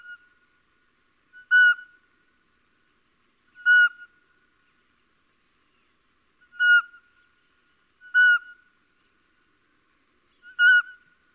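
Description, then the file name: Little owl calling with five plaintive, slightly downslurred whistled notes at uneven intervals of one and a half to three seconds; no other sounds. "Civetta"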